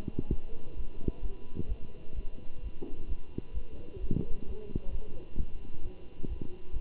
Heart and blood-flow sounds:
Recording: heart sounds by stethoscope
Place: between the tricuspid and mitral areas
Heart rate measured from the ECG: 131 bpm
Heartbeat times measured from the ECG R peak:
0.29 s: heartbeat
0.76 s: heartbeat
1.22 s: heartbeat
1.68 s: heartbeat
2.15 s: heartbeat
2.62 s: heartbeat
3.08 s: heartbeat
3.54 s: heartbeat
4.00 s: heartbeat
4.46 s: heartbeat
4.91 s: heartbeat
5.36 s: heartbeat
5.82 s: heartbeat
6.28 s: heartbeat
6.72 s: heartbeat
From the record:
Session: Bruce protocol treadmill stress test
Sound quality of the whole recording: good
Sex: male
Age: 23 years

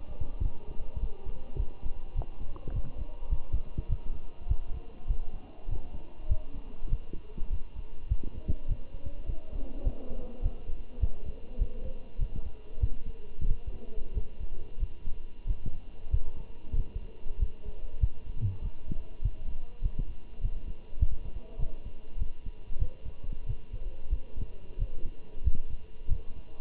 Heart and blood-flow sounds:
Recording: heart sounds by stethoscope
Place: between the tricuspid and mitral areas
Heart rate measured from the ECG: 98 bpm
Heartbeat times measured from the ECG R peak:
0.42 s: heartbeat
1.01 s: heartbeat
1.58 s: heartbeat
2.15 s: heartbeat
2.73 s: heartbeat
3.30 s: heartbeat
3.89 s: heartbeat
4.49 s: heartbeat
5.08 s: heartbeat
5.69 s: heartbeat
6.29 s: heartbeat
6.90 s: heartbeat
7.50 s: heartbeat
8.09 s: heartbeat
8.69 s: heartbeat
9.27 s: heartbeat
9.84 s: heartbeat
10.43 s: heartbeat
11.01 s: heartbeat
11.59 s: heartbeat
12.19 s: heartbeat
12.81 s: heartbeat
13.47 s: heartbeat
14.15 s: heartbeat
14.80 s: heartbeat
15.47 s: heartbeat
16.11 s: heartbeat
16.76 s: heartbeat
17.40 s: heartbeat
18.01 s: heartbeat
18.62 s: heartbeat
19.23 s: heartbeat
19.82 s: heartbeat
20.42 s: heartbeat
21.00 s: heartbeat
21.59 s: heartbeat
22.19 s: heartbeat
22.80 s: heartbeat
23.47 s: heartbeat
24.11 s: heartbeat
24.79 s: heartbeat
25.45 s: heartbeat
26.10 s: heartbeat
From the record:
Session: walking at 3.7 km/h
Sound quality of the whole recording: good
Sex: male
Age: 23 years

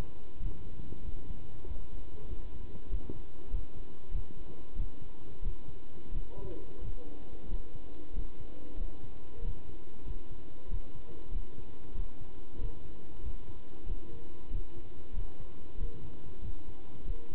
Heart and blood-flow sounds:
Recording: heart sounds by stethoscope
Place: between the tricuspid and mitral areas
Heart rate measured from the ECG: 94 bpm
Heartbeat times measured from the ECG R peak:
0.41 s: heartbeat
1.04 s: heartbeat
1.67 s: heartbeat
2.28 s: heartbeat
2.90 s: heartbeat
3.51 s: heartbeat
4.12 s: heartbeat
4.76 s: heartbeat
5.43 s: heartbeat
6.12 s: heartbeat
6.82 s: heartbeat
7.49 s: heartbeat
8.14 s: heartbeat
8.78 s: heartbeat
9.43 s: heartbeat
10.05 s: heartbeat
10.70 s: heartbeat
11.32 s: heartbeat
11.95 s: heartbeat
12.59 s: heartbeat
13.22 s: heartbeat
13.87 s: heartbeat
14.51 s: heartbeat
15.14 s: heartbeat
15.78 s: heartbeat
16.42 s: heartbeat
17.06 s: heartbeat
From the record:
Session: pedaling a stationary bicycle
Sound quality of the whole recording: good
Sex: male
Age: 27 years

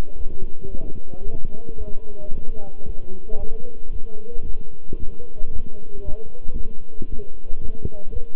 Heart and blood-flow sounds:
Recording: heart sounds by stethoscope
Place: between the tricuspid and mitral areas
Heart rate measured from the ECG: 113 bpm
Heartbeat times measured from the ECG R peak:
0.16 s: heartbeat
0.69 s: heartbeat
1.23 s: heartbeat
1.76 s: heartbeat
2.30 s: heartbeat
2.84 s: heartbeat
3.38 s: heartbeat
3.91 s: heartbeat
4.44 s: heartbeat
4.98 s: heartbeat
5.50 s: heartbeat
6.03 s: heartbeat
6.55 s: heartbeat
7.08 s: heartbeat
7.59 s: heartbeat
8.11 s: heartbeat
From the record:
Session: walking at 3.7 km/h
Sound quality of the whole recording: good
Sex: male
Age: 26 years

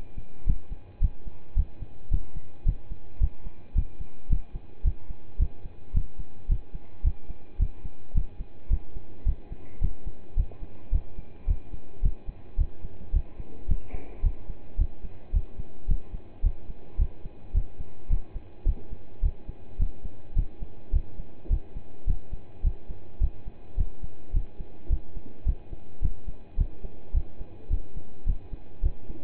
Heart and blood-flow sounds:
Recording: heart sounds by stethoscope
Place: between the tricuspid and mitral areas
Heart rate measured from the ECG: 108 bpm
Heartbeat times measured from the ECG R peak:
0.46 s: heartbeat
1.01 s: heartbeat
1.56 s: heartbeat
2.11 s: heartbeat
2.65 s: heartbeat
3.20 s: heartbeat
3.75 s: heartbeat
4.29 s: heartbeat
4.84 s: heartbeat
5.39 s: heartbeat
5.94 s: heartbeat
6.49 s: heartbeat
7.04 s: heartbeat
7.59 s: heartbeat
8.14 s: heartbeat
8.70 s: heartbeat
9.25 s: heartbeat
9.81 s: heartbeat
10.36 s: heartbeat
10.92 s: heartbeat
11.47 s: heartbeat
12.02 s: heartbeat
12.58 s: heartbeat
13.13 s: heartbeat
13.68 s: heartbeat
14.23 s: heartbeat
14.78 s: heartbeat
15.33 s: heartbeat
15.88 s: heartbeat
16.43 s: heartbeat
16.98 s: heartbeat
17.54 s: heartbeat
18.09 s: heartbeat
18.66 s: heartbeat
19.22 s: heartbeat
19.79 s: heartbeat
20.35 s: heartbeat
20.92 s: heartbeat
21.50 s: heartbeat
22.06 s: heartbeat
22.63 s: heartbeat
23.20 s: heartbeat
23.77 s: heartbeat
24.33 s: heartbeat
24.89 s: heartbeat
25.46 s: heartbeat
26.01 s: heartbeat
26.57 s: heartbeat
27.13 s: heartbeat
27.70 s: heartbeat
28.26 s: heartbeat
28.82 s: heartbeat
From the record:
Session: pedaling a stationary bicycle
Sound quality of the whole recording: partially saturated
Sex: male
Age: 27 years

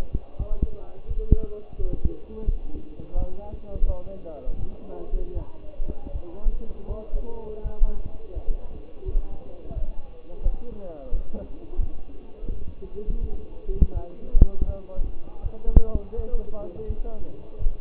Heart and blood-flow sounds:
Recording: heart sounds by stethoscope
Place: between the tricuspid and mitral areas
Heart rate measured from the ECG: 84 bpm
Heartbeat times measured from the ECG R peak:
0.38 s: heartbeat
1.07 s: heartbeat
1.77 s: heartbeat
2.45 s: heartbeat
3.16 s: heartbeat
3.86 s: heartbeat
4.58 s: heartbeat
5.33 s: heartbeat
6.12 s: heartbeat
6.88 s: heartbeat
7.63 s: heartbeat
8.34 s: heartbeat
9.05 s: heartbeat
9.74 s: heartbeat
10.42 s: heartbeat
11.11 s: heartbeat
11.79 s: heartbeat
12.48 s: heartbeat
13.20 s: heartbeat
13.93 s: heartbeat
14.66 s: heartbeat
15.42 s: heartbeat
16.16 s: heartbeat
16.87 s: heartbeat
17.58 s: heartbeat
From the record:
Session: walking at 3.7 km/h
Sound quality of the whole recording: partially saturated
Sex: male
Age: 24 years

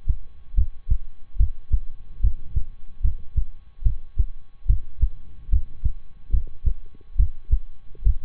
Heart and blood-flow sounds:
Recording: heart sounds by stethoscope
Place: between the tricuspid and mitral areas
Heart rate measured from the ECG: 72 bpm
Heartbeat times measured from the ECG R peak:
0.54 s: heartbeat
1.36 s: heartbeat
2.20 s: heartbeat
3.00 s: heartbeat
3.82 s: heartbeat
4.66 s: heartbeat
5.49 s: heartbeat
6.30 s: heartbeat
7.15 s: heartbeat
8.02 s: heartbeat
From the record:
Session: rest, lying down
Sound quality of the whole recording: good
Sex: male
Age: 23 years

